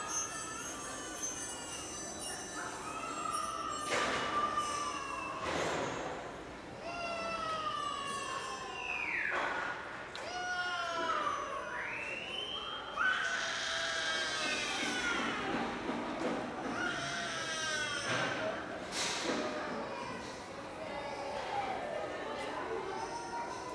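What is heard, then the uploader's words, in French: Children at a daycare play with musical instruments, filling the recording with a dense, continuous mix of squeals and high, swooping tones that slide up and down. Sharp bangs or crashes burst through about every few seconds, with a low rumble underneath throughout. Les assistantes maternelles ont donné des instruments de musique aux enfants de la crèche qui se trouve juste en bas de chez moi.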